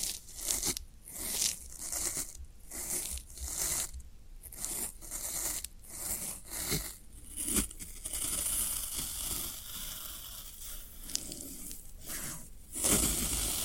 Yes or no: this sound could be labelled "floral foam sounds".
yes